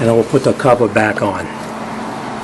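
Someone talks while plastic push pins are handled to reattach the cover or splash shield under a Nissan (2000-2004 Xterra, 1996-2004 Pathfinder, or Frontier) after a starter replacement, followed by a low, steady background hum. The pins are headed for the underbody shield mounting holes, but nothing has seated or clicked yet.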